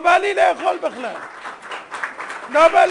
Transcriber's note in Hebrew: מחיאות כפים